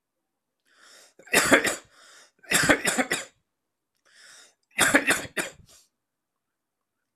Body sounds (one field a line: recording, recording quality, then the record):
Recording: heavy voluntary cough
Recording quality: excellent, no background noise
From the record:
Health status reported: healthy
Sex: male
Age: 31 years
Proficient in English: yes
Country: India